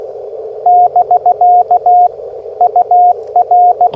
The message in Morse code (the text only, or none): <BK> UR